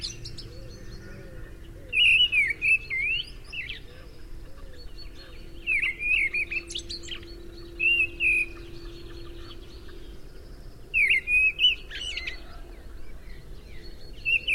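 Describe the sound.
Mistle thrush singing short, fluty, warbled phrases separated by pauses of a few seconds, over a steady low hum.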